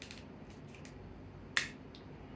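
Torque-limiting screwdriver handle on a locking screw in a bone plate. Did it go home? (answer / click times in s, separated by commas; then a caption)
yes / 1.6 s. A torque-limiting screwdriver handle drives a locking screw into a metal bone plate, with faint small ticks early on. At 1.6 s the limiter gives one sharp, bright click as the screw head is fully tightened. This means the screw is locked and must not be turned further.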